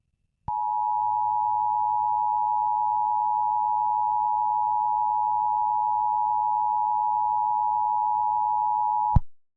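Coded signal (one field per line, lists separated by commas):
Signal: Emergency Alert System (SAME) tones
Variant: 853 and 960 Hz attention tone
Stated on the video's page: Simulated EAS scenario.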